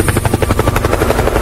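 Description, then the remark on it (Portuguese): A helicopter's rotor thumps in a fast, steady rhythm over a loud engine whine, continuous and unchanging, with no voices. “Tu vai, vai, vai no céu, piranha, dentro do helicóptero.”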